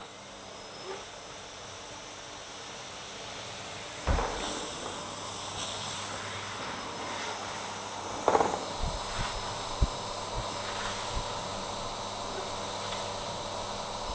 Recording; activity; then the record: daily activity, microphone in the room; vacuum cleaning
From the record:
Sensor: 3